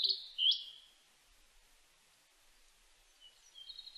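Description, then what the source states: Blue-and-white flycatcher song, a brief burst of high whistled notes at the start, then near silence, with faint thin notes returning at the end. Recorded on 23 May 2004.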